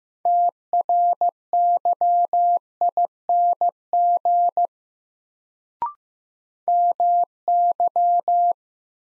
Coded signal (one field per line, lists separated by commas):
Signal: Morse code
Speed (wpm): 15 wpm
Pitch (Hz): 700 Hz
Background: none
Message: TRYING MY